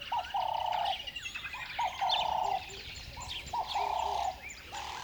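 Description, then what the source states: Birds calling: a harsh, drawn-out nasal note near one pitch repeats, over a busy background of high chirps and short twittering notes. Birds on a river bed at dawn, upset.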